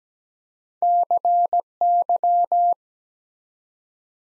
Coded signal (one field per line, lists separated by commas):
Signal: Morse code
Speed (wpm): 17 wpm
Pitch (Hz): 700 Hz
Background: none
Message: CY